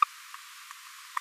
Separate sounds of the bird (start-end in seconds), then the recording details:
0.02-0.04. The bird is a female. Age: 26 days. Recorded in a nest box in Venezuela. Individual 17B42A2